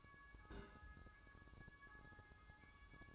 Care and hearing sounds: daily activity, microphone in the room; place on stove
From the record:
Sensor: 2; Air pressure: 1007.8 hPa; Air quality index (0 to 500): 101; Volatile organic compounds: 1 ppm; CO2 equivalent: 762 ppm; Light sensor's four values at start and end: 6/15/6/6 and 6/15/6/6

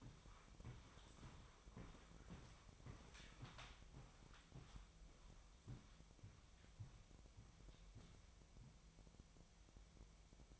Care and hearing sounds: daily activity, microphone in the room; walk to room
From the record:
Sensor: 1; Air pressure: 999.4 hPa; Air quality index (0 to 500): 197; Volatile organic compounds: 38 ppm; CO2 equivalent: 3123 ppm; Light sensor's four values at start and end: 9/23/9/10 and 9/23/9/10

